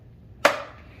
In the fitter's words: until it clicks into place like so.